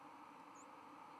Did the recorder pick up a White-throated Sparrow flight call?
no